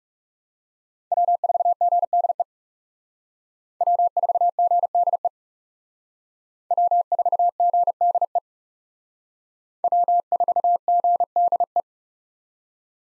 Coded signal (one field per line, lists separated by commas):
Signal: Morse code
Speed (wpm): 38 wpm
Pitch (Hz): 700 Hz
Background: none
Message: W4GDE W4GDE W4GDE W4GDE